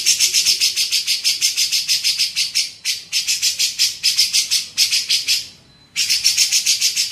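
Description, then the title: Grey-cheeked bulbul giving a harsh, rapid chatter of buzzy pulses, about three per second, in bursts with short pauses; a faint steady high tone shows in one pause. Masteran tutoring song for training songbirds. "MASTERAN CUCAK JENGGOT"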